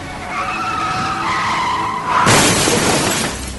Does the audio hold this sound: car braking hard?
yes